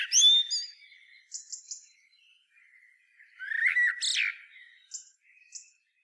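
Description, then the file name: Common blackbird with a clear whistled note at the start, then faint squeaks and a scratchy, chattering burst midway, with thin high notes after. "Turdus merula"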